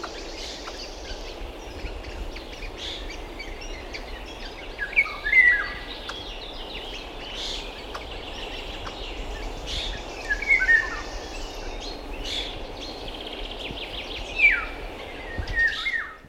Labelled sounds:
Eurasian Red Squirrel call
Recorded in the wild
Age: adult
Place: Bucher Wald, Berlin, DE
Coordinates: 52.65, 13.48
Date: 1965-06-06 12:30
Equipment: Uher 4200 Report Stereo, Sennheiser MD 421, Transistorverstärker
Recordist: Tembrock, Günter

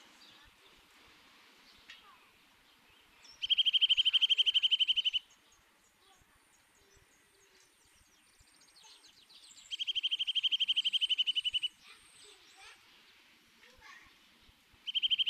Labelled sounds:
Eurasian Nuthatch song
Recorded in the wild
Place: Oberstdorf, Bayern, DE
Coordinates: 47.41, 10.2797
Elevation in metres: 803
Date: 1977-03-25
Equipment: Nagra IV, Sennheiser MKH 405, Parabolreflektor
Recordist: Tretzel, Erwin

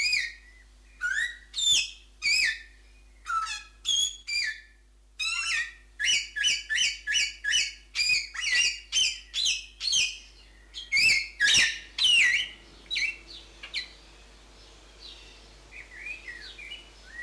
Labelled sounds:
Greater Vasa Parrot call
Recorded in captivity
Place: Zoo Berlin, Berlin, DE
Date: 2004-06-07 17:07
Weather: heiter-wolkig, 25°C
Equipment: Sony WM-D6C, Sennheiser ME 80, Kopie Uher 4000 Report Monitor
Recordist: Tembrock, Günter

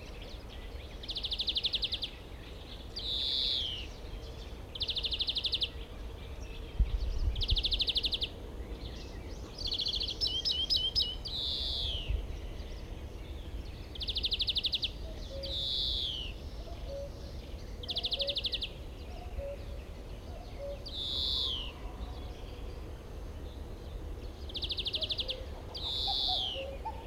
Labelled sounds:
European Greenfinch song
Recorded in the wild
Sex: male
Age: adult
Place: Wartenberger Luch, Berlin, DE
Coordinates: 52.5733, 13.5256
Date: 1990-05-28 21:13
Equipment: Uher 4400 Report Monitor, Sennheiser MKH 416 T
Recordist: Frommolt, Karl-Heinz

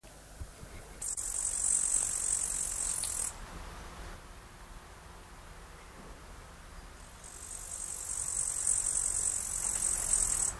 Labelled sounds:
Upland Green Bush-cricket stridulation
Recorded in the wild
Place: Eutin, Holsteinische Schweiz, Schleswig-Holstein, DE
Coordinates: 54.132, 10.614
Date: 1992-09-16 15:39
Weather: heiter, 15-19°C
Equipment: Marantz CP 430, Sennheiser ME 80, Kopie Tesla B 116
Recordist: Tembrock, Günter

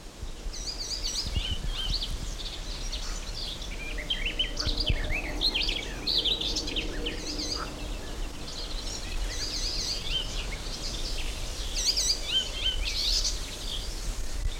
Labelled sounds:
Garden Warbler
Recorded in the wild
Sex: male
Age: adult
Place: Blankenfelde, Tegeler Fließ, Berlin, DE
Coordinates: 52.645, 13.395
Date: 1992-05-30 11:43
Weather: sonnig, 19-23°C, böiger Wind
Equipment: Marantz CP 430, Sennheiser ME 80, K 30 AV, Kopie Tesla B 116
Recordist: Tembrock, Günter

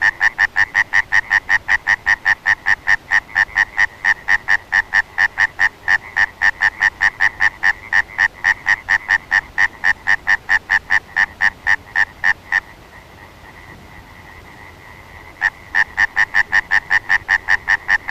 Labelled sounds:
Common Tree Frog call
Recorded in the wild
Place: Schweinsberg, DE
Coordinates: 50.765, 8.9675
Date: 1964-04-29
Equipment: Uher Report 4000, AKG D190
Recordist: Krey, Winfried

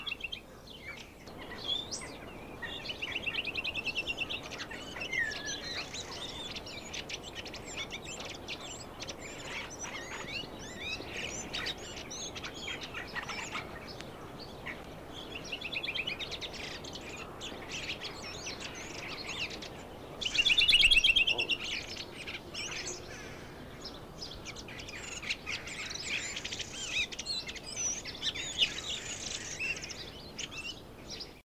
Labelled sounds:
American Robin song
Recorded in captivity
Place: Zoo Hannover, Niedersachsen, DE
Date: 1975-01-30
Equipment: Halbspur, 9,5 cm/s
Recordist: Lütgens, Hans
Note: Gesang

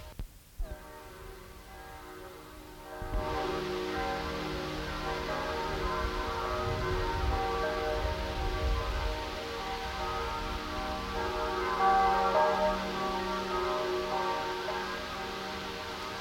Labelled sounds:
Bow-winged Grasshopper stridulation
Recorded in the wild
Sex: male
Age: imago
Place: Treuchtlingen, Naturpark Altmühltal, Bayern, DE
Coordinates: 48.96, 10.91
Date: 1993-09-16 13:33
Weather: 16°C, bedeckt, böig, z. T. Regen
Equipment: Marantz CP 430, Sennheiser MKH 416 T, Kopie Uher Variocord 263
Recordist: Tembrock, Günter

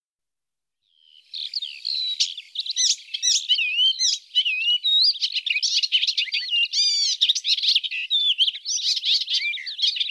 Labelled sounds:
Icterine Warbler song
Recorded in the wild
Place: Ahlenmoor, Schleswig-Holstein, DE
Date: 1984-06-05
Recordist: Schwarz, Dieter

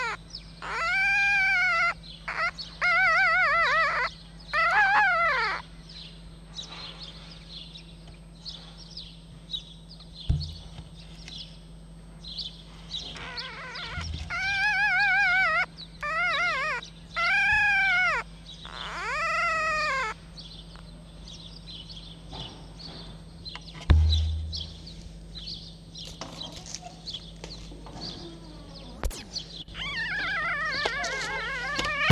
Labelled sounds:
Red Fox
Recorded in captivity
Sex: diverse
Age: diverse
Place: Zoologisches Institut der HUB, Berlin, DE
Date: 1956-05-03 13:15
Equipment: Elmetra
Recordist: Tembrock, Günter

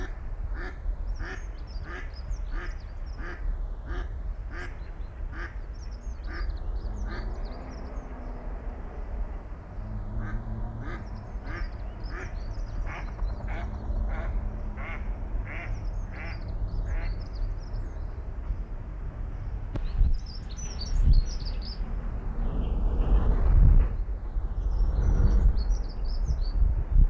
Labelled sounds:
Dunnock
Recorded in the wild
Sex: male
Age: adult
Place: Kühlungsborn, Mecklenburg-Vorpommern, DE
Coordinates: 54.147, 11.742
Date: 1993-03-31
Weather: sonnig, ca. 5 ° C
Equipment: Marantz CP 430, Sennheiser ME 80, Kopie Uher Variocord 263
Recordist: Tembrock, Günter

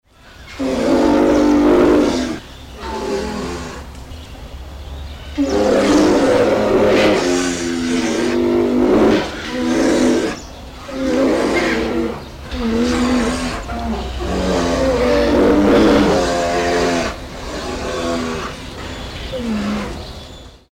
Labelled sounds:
Polar Bear
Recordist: Tembrock, Günter
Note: Agonistische Auseinandersetzung

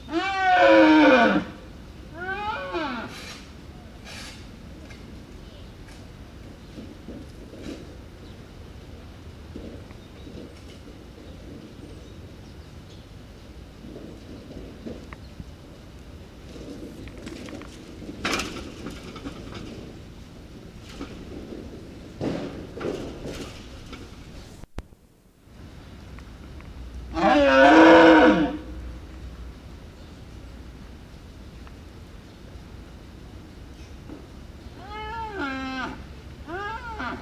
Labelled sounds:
Wapiti rut call
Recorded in captivity
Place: Zoo Moskau, RU
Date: 1970-09-08
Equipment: Uher 4200 Report Stereo, Sennheiser MD 421
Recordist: Tembrock, Günter

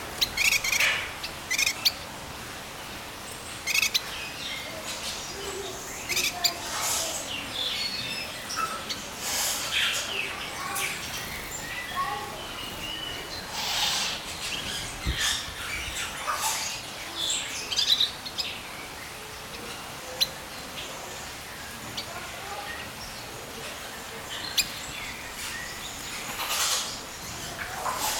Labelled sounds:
Chestnut-capped Babbler
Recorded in captivity
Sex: group
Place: Zoo Berlin, Berlin, DE
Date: 1996-01-21 12:58
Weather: sonnig, -8°C
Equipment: Sony MD-WM MZ-R3, Hama Mikro
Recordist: Tembrock, Günter

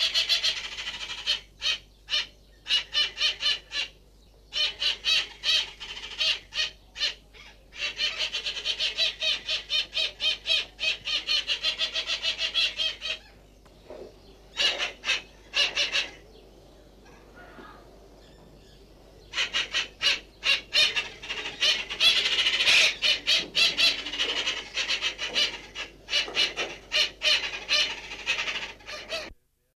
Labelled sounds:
Scarlet-fronted Parakeet call
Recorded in captivity
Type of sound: call
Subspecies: frontata
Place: Loro Parque Santa Cruz de Tenerife, ES
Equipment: Halbspur, 9,5 cm/s
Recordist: Lütgens, Hans
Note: Kopula

